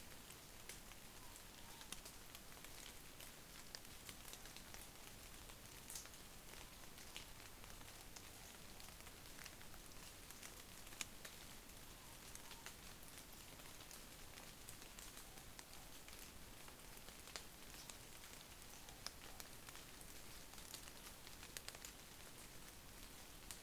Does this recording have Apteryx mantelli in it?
no